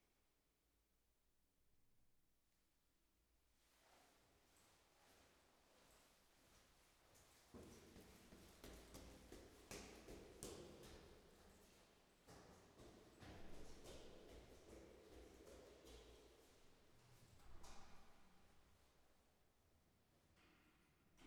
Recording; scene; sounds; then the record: everyday scene through a hearing-aid microphone; reverberant space; background noise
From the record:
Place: staircase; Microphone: behind the ear, right, rear